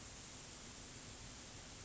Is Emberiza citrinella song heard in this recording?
no